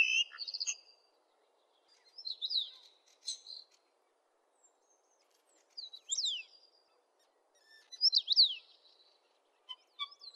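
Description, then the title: Oriental magpie-robin song: short bursts of sweet, sharply rising and falling whistles, delivered in separate phrases with pauses of a second or two between them. "Kicau Kacer"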